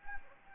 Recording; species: mosquito wingbeat signal from an infrared sensor; Anopheles gambiae